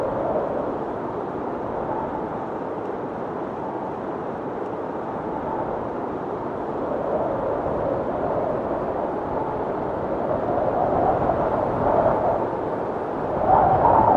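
Wind storm sounds: a dense, steady roar that fills the lows and middles, with nothing bright above it. It swells gradually from about seven seconds on, with a stronger surge near the end and a faint whistling tone riding on top at the close.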